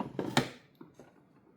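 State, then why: Seated. The plastic container of an ice crusher / slushy maker is refitted onto its base and locked, with the lines on the two parts meant to match once it is locked. A soft knock at about 0.2 s comes just before a sharp plastic click at 0.4 s as the container locks into place. Fainter taps follow around 0.8 s and 1.0 s.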